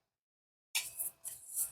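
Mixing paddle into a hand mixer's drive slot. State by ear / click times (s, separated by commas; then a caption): not seated / none. The mixing paddle of a rechargeable hand mixer is picked up and lined up toward the mixer's drive slot, which it fits only one way. After about 0.7 s of silence, soft handling and rustling noise swells in bursts around 0.8, 1.0, 1.3 and 1.6 s with no sharp hits. The paddle has not clicked into place yet.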